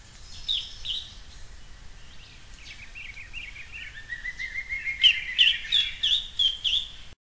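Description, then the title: Songbird singing a varied, high phrase of sweet whistles and trills, ending with sharp, bright notes repeated about three times a second. "LuckyPassaro Completos2Sama"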